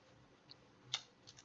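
A plastic spool adapter half is pressed onto its mating half on a filament spool, with a faint tick at 0.5 s, a sharp plastic click at 0.9 s, and two softer ticks at 1.3 and 1.4 s. The adapter is only partly locked, with one tooth missing its catch because the halves were not aligned properly.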